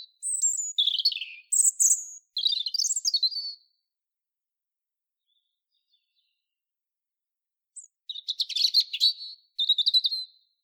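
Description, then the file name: European robin song with high whistled and warbled phrases, a silent gap of about four seconds, then fast trilled runs of repeated notes. "Erithacus rubecula"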